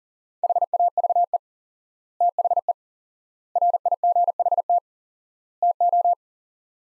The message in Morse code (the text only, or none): HAVE THE RIGHT TO